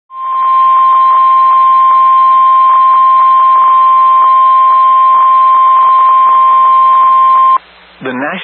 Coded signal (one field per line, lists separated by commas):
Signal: Emergency Alert System (SAME) tones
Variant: 1050 Hz attention tone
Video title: WXK46 SVR EAS [NOT COUNTED IN NUMBER]